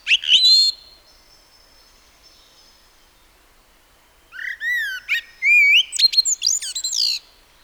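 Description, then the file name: Common blackbird song: a brief high squeaky note, several seconds of quiet, then a flowing fluted warble that ends in high, strained twittering notes. "Turdus merula"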